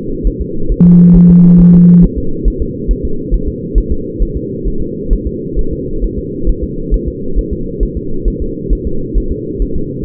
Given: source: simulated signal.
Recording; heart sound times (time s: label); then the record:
fetal heart sounds
0.27 s: S1
0.42 s: S2
0.72 s: S1
0.86 s: S2
1.16 s: S1
1.30 s: S2
1.60 s: S1
1.75 s: S2
2.04 s: S1
2.18 s: S2
2.48 s: S1
2.62 s: S2
2.91 s: S1
3.05 s: S2
3.34 s: S1
3.48 s: S2
3.78 s: S1
3.92 s: S2
4.22 s: S1
4.37 s: S2
4.68 s: S1
4.82 s: S2
5.13 s: S1
5.27 s: S2
5.59 s: S1
5.73 s: S2
6.04 s: S1
6.19 s: S2
6.49 s: S1
6.64 s: S2
6.94 s: S1
7.08 s: S2
7.39 s: S1
7.53 s: S2
7.83 s: S1
7.97 s: S2
8.28 s: S1
8.42 s: S2
8.73 s: S1
8.87 s: S2
9.17 s: S1
9.32 s: S2
9.62 s: S1
9.76 s: S2
From the record:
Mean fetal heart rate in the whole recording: 135 bpm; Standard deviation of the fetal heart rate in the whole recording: 3 bpm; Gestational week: 36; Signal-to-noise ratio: -8.1 dB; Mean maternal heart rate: 72 bpm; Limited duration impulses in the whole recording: present